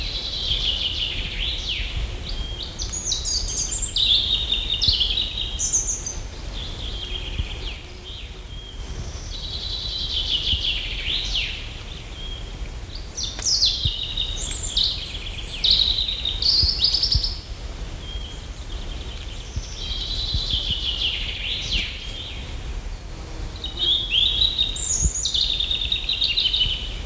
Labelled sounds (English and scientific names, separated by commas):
European Robin (Erithacus rubecula) song